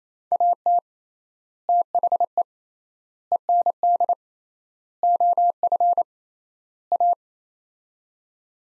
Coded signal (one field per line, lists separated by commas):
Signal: Morse code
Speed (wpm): 28 wpm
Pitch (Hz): 700 Hz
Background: none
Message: AT THE END OF A